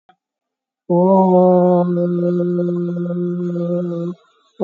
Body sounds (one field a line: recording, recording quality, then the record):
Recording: sustained vowel as in boot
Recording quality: moderate, slight background noise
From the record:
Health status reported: COVID-19 positive, moderate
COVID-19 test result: positive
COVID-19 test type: RT-PCR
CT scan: taken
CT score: 12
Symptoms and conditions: cough, cold, breathing difficulty, fatigue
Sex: female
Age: 60 years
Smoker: no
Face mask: worn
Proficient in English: yes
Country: India